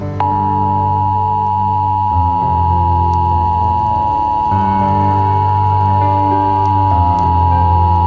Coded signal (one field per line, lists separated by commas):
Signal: Emergency Alert System (SAME) tones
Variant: 853 and 960 Hz attention tone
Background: music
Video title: EAS Scenario Among Us Remastered Preview